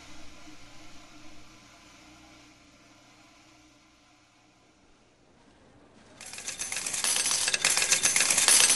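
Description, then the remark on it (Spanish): A low, steady hum fills the first few seconds, then a loud, dense cascade of metallic jingling and clinking bursts in and continues to the end, as many coins are poured out for a deposit of 40,000 pesos made entirely in coins. “Una doña hizo un depósito de 40 mil pesos y todo en monedas, ¿puedes creerlo?”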